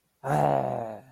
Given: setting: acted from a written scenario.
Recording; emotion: vocal sound without words; elation